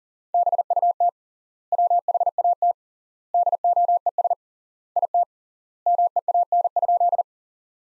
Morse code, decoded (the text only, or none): BUT WHAT DOES IT MEAN?